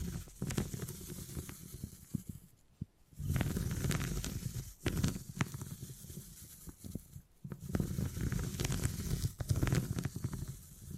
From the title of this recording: Brain Tingly Sounds Using Beeswax